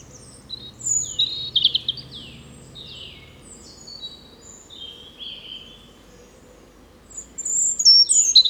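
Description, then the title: European robin delivering several high, thin, wavering phrases in succession, with quick trills and sliding whistles, over low steady background noise. Spring song in a small wood along the Rouquette stream, Saint-Jean, France; recorded with a Dodotronic Highsound parabolic dish and Zoom H4n Pro. "53 Chemin Bellevue, Saint-Jean, France - Chant printanier : Rouge Gorge"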